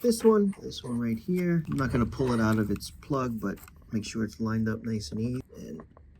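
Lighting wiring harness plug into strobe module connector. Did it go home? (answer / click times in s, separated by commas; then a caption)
no / none. Someone talks while lining up a motorcycle lighting wiring harness plug with its mating socket on a Custom Dynamics Magic Strobe module connector, getting it ready to push together. Speech fills most of the clip, with only faint sounds near the end. Nothing has seated or clicked yet.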